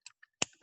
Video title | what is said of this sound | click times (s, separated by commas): Maker Lab - How to build your mBot - June 8th | it'll click right | 0.4 s